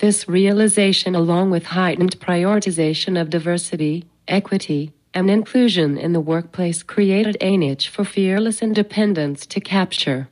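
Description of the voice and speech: Smooth, fluent synthetic female voice with fairly flat pitch, produced by an eye-tracking speech-generating communication device used by a woman with cerebral palsy and a speech disorder.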